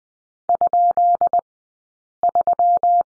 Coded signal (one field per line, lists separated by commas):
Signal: Morse code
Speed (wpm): 20 wpm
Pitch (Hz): 690 Hz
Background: none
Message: ?3